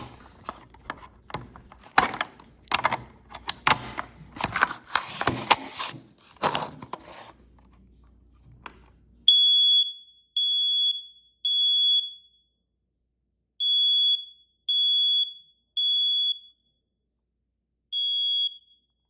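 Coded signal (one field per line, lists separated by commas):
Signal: alarm pattern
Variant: smoke alarm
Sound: talking, then loud high beeps in groups of three with pauses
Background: speech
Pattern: temporal three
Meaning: Temporal-three pattern is the standard smoke or fire evacuation alarm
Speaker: The um 9120B that I found at a thrift store in a BRK packaging.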